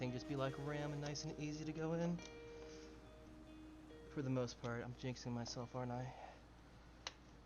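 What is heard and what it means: A memory module is pressed into a motherboard DIMM slot while someone talks over background music. A single sharp tick at 7.1 seconds marks the retention latch engaging, and the RAM stick is seated.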